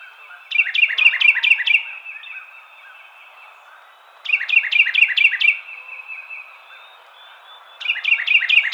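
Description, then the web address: Carolina wren song: three bursts of rapid, rich repeated notes, about three and a half seconds apart, with a faint high trill between phrases. Recorded 23 April 2007. "Carolina Wren 2007 04 23"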